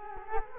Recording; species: mosquito wingbeat signal from an infrared sensor; Culex quinquefasciatus